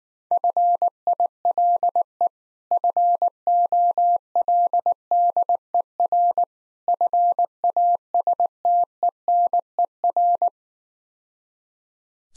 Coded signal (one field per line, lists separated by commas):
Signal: Morse code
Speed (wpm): 19 wpm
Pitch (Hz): 700 Hz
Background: none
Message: FILE FOLDER FASTENER